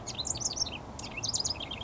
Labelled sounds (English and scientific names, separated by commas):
House Wren (Troglodytes aedon)